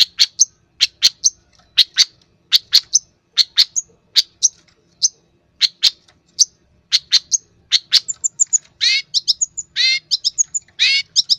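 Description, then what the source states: Long-tailed shrike song: a run of sharp, clicking chip notes spaced unevenly, then a faster stretch of high whistled and slurred notes near the end. Long-tailed shrike song, used to train cage birds.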